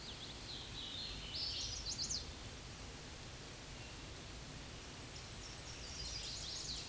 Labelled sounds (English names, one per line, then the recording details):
Hooded Warbler song
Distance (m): 30 m
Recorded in a Pennsylvania forest on 18 May 2023 at 10:16
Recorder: AudioMoth, point grid1_34_low
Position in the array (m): 228 m, 139 m